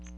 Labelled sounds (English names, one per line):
Magnolia Warbler flight call